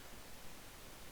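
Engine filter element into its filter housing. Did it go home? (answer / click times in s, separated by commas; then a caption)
no / none. A new engine filter element is handled by hand at its filter housing on a Nissan Almera during an oil change, after the old filter has been removed. Only steady broadband hiss is heard, with no sharp hit. Nothing has seated or clicked yet.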